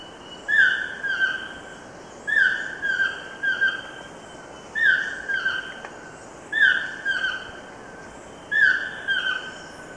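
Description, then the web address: Chestnut-tipped toucanet repeating a croaking, down-slurred phrase of two or three nasal notes about every two seconds in a steady rhythm. Ecuador. "Birds of Ecuador. Chestnut-tipped Toucanet"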